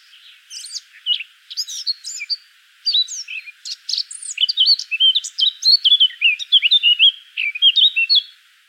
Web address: pub SETE data Sylvia atricapilla 102016